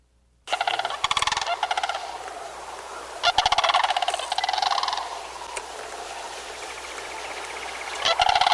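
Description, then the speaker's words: Sandhill Crane calls: loud, rattling, trumpeting bursts in an uneven series. Call described as prehistoric sounding. "You know, we were talking earlier about the Sandhill Cranes. Let's listen to that prehistoric sounding call."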